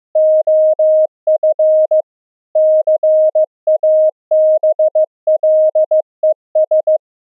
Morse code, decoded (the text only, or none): OF CABLES